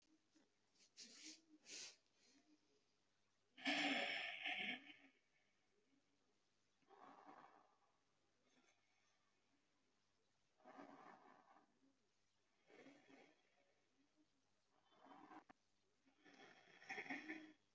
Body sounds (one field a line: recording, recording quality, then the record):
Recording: shallow breathing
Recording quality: moderate, slight background noise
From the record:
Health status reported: healthy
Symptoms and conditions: none ticked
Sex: male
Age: 24 years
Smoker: not ticked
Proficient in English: yes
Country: India